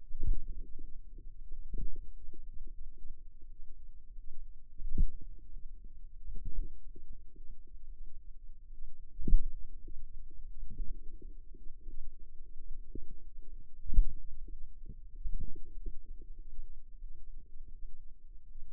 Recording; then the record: forearm muscle sounds (acoustic myography)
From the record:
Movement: pen grasping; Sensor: system 2, bracelet of six BSWA MPA416 microphones around the upper forearm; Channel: 3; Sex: female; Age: 23 years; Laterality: right